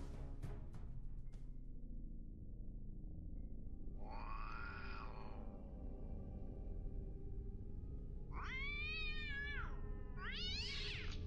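A cat toying with a mouse lets out three drawn-out, wavering meows, the last two rising and strained like a yowl, over a steady low rumble. A few sharp clicks come at the start.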